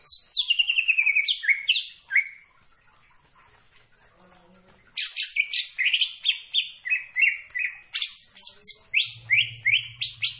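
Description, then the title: Leafbird delivering rapid strings of descending whistled notes, a pause near the middle, then a long run of repeated downslurred phrases; brief low hum at the end. Singing actively (gacor). "Cucak Ijo Gacor"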